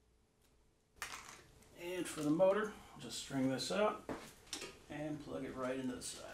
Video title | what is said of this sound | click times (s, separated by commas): FlexiSpot S3 Adjustable Bed Frame | the frame and it just snaps right in | 1.0 s